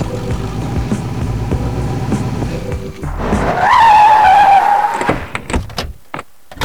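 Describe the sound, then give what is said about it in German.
A Cadillac's engine rumbles low, then tires squeal loudly in a sustained, wavering high screech for over a second as the car pulls away, fading into quieter road noise. “Hier ist mein Wagen. Ein Cadillac.”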